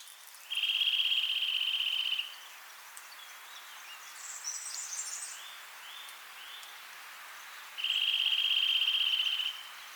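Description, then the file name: Eurasian nuthatch: a steady, fast pulsed trill lasting well over a second, several brief upslurred notes midway, and a second matching trill near the close. "Sitta europaea"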